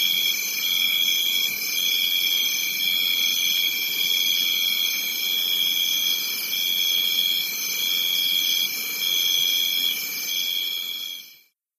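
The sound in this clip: Crickets in a dense chorus: steady high trilling bands layered together, with a pulsing tone swelling and fading about once a second, cutting off abruptly near the end.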